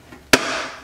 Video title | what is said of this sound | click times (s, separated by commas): Watch Scott Install a ZR 1 Style Front Splitter From ACS Composite on My C7 Corvette | as you heard it click in there okay and then i'm holding it in place for a second | 0.3 s